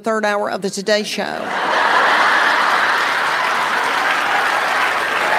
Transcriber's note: laughter